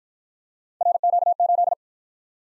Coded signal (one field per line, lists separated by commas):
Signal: Morse code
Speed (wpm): 48 wpm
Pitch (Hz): 700 Hz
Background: none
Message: RQ8